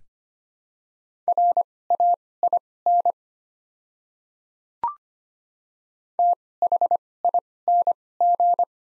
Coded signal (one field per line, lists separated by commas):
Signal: Morse code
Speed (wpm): 25 wpm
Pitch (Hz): 700 Hz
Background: none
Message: RAIN THING